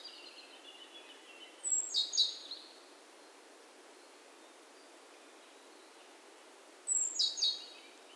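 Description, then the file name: Great tit calling twice, about five seconds apart, each a short cluster of high, sharp chipping notes over quiet background hiss. "Parus major"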